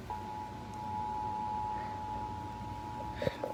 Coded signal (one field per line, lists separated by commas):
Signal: Emergency Alert System (SAME) tones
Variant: 853 and 960 Hz attention tone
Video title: EAS #3